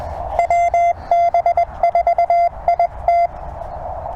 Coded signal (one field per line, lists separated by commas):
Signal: Morse code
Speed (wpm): 21 wpm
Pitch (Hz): 700 Hz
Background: none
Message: WB4IT